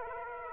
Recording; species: mosquito wingbeat signal from an infrared sensor; Aedes aegypti